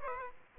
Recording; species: mosquito wingbeat signal from an infrared sensor; Aedes aegypti